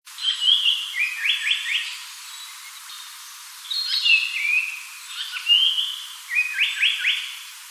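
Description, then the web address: Japanese paradise flycatcher singing: a whistled note followed by a few quick notes, the phrase repeated a few times with pauses between. Recorded in 2008. "asahi kenharu 2008 sankotyou"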